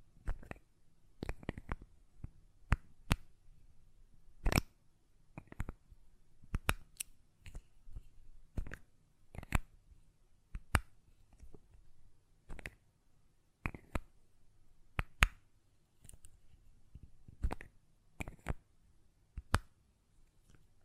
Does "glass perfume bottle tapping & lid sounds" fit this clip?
yes